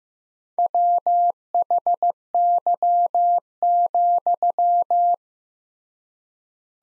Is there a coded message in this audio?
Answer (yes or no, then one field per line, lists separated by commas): yes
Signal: Morse code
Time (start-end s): 0.6-5.1 s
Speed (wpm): 15 wpm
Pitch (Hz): 700 Hz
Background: none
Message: WHY,